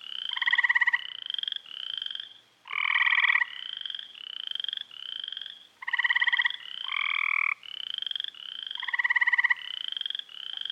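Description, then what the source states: Frog chorus: many buzzy pulsed trills in overlapping bursts, several small frogs calling together. Small frogs in a pond, recorded with a parabolic reflector, played at regular speed then slowed down.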